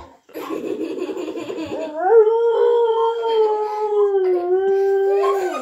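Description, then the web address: Dog howl starting with rough, noisy yelping, then settling into a long steady tonal howl that slowly falls and rises again near the end. "uivar de cao"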